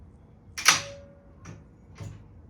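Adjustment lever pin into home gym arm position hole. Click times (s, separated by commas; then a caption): 0.7 s. On a Bowflex Revolution home gym, an arm sitting between two positions is moved until its adjustment lever pin locks into the position hole, giving a sharp click at 0.7 s. Two softer, duller sounds follow at about 1.5 s and 2.0 s. The arm is locked in place and ready to use.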